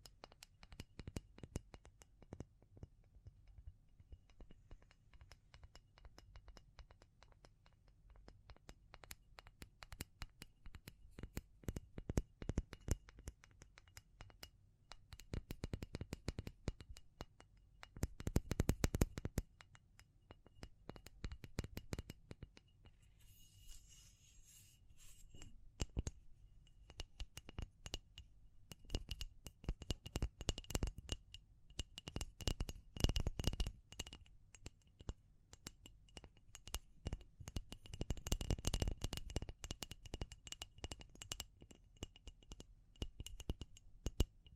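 Tapping and scratching go on throughout, dense clusters of sharp clicks and rubbing with louder scraping bursts near 16, 19 and 39 seconds.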